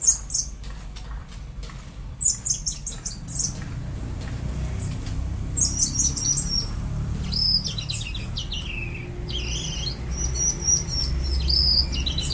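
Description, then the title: Orange-headed thrush song: a fast stream of high, varied whistles and chattering phrases over a steady low hum. "Anis Merah"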